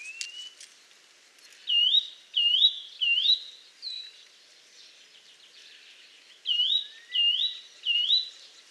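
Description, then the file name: Eurasian nuthatch calls: loud rising whistled notes given in two bursts of three or four, with fainter notes between. "Sitta europaea"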